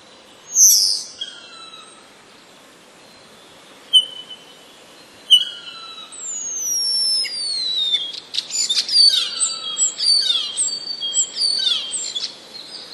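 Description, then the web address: Common starling song opening with a sharp whistled note and separate clicks, then a long descending whistle leading into dense clicking, crackling notes and sliding whistles. Starling song containing borrowings imitating sparrows. "wroblowe zapozyczenia szpaki"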